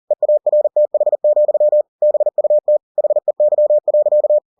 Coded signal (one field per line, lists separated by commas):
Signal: Morse code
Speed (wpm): 40 wpm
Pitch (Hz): 600 Hz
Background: none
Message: EARTH, BUT HEY.